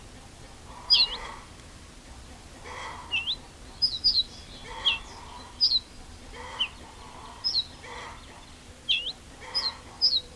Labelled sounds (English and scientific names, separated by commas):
Ortolan Bunting (Emberiza hortulana)